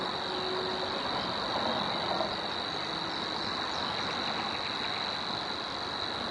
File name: Locustella luscinioides